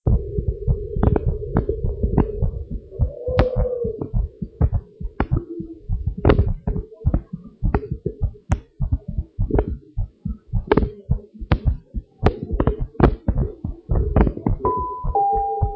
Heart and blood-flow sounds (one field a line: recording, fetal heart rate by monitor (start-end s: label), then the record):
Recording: heart sounds of a pregnant woman by stethoscope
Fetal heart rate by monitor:
no fetal heartbeat
From the record:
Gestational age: 40 weeks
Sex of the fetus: girl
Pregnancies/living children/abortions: 2/1/0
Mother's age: 27 years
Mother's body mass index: 31.2